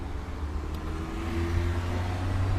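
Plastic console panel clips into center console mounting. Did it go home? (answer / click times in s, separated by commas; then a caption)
no / none. While a plastic console panel is being handled during reinstallation of an FJ Cruiser center console, a steady low rumble and hum fill the clip and grow slightly louder toward the end, with no sharp transients. The panel has not yet been pressed home onto the center console mounting, so nothing has seated or clicked yet.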